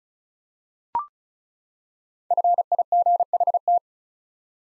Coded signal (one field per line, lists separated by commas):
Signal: Morse code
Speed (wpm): 36 wpm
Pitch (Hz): 700 Hz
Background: none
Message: FIGHT